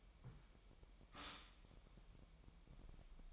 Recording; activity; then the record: daily activity, microphone in the room; stop toaster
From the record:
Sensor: 1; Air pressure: 1002.0 hPa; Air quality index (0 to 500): 239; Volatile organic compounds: 44 ppm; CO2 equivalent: 3205 ppm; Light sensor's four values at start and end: 10/35/12/14 and 10/35/12/14